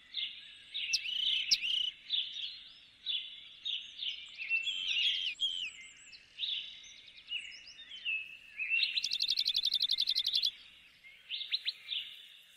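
Dense birdsong: many overlapping chirps and warbles, with one very rapid, high, rattling trill lasting more than a second.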